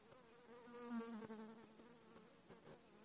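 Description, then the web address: Buzzing insect, a low humming drone that swells around the first second and then settles into a quieter steady hum with a few clicks. Katmai, Alaska, 14 July 2017, 11:47. "alaska INSECTS 20170714 114719"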